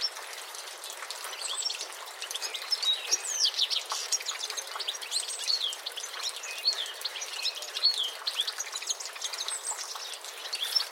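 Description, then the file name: European goldfinch calls: many bright, high, thin chirps and twitters over steady background hiss. "Carduelis carduelis"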